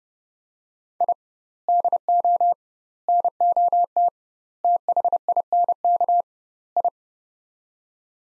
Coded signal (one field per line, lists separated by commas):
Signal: Morse code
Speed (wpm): 30 wpm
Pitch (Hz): 700 Hz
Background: none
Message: I DO NOT THINK I